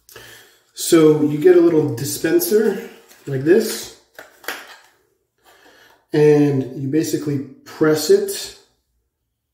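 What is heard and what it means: Someone talks while handling a small plastic razor blade dispenser, pressing its slider within the dispenser case, with brief, faint handling noises around 4.2 to 4.5 seconds. The clip ends before the slider clicks into position, so nothing has clicked or seated yet and the next blade has not been indexed or pushed out.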